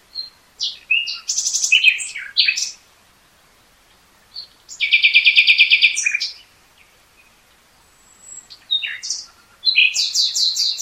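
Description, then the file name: Common nightingale song: varied phrases of chirps, a long steady rapid rattle in the middle, and loud high trills toward the end. "Luscinia megarhynchos"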